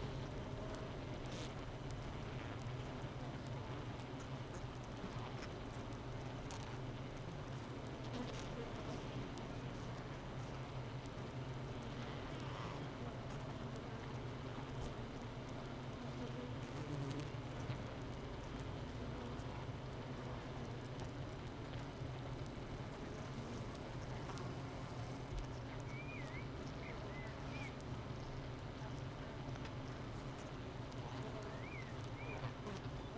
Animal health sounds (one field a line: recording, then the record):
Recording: honeybee colony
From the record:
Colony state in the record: missing queen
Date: 31 May 2018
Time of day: 7:50